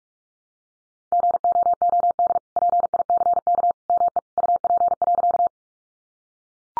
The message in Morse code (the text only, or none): GOOD PICK ME UP.